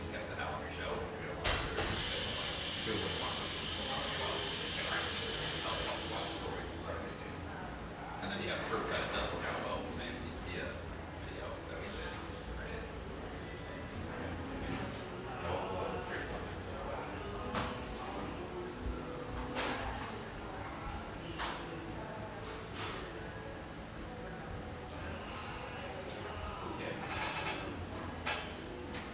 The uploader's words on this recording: Sausalito, California. Bubbly surf-shack-meets-espresso-bar in one of sunny Marin's best towns.